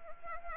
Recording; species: mosquito wingbeat signal from an infrared sensor; Anopheles arabiensis